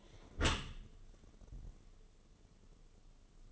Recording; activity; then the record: daily activity, microphone in the room; close dishwasher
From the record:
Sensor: 4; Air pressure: 1015.8 hPa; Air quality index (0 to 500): 99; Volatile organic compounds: 2 ppm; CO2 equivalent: 1113 ppm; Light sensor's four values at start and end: 9/19/7/7 and 8/18/7/7